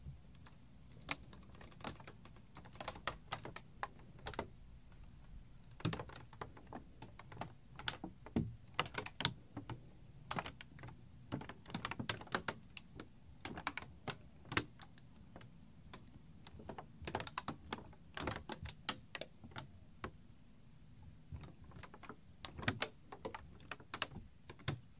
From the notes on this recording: Beaded string ( clicky clacky sound